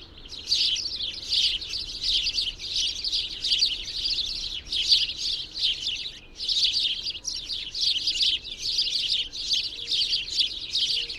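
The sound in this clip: Birds twittering in bright, rapid bursts of high chirps, with a brief lull around the middle before the chattering resumes.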